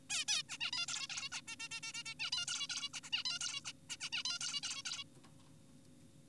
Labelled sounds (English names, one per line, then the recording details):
Zebra Finch
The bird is an adult
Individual g4p5U